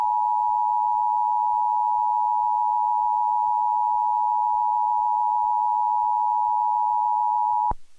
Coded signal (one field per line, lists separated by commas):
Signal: Emergency Alert System (SAME) tones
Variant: 853 and 960 Hz attention tone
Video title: EAS Scenario: EF9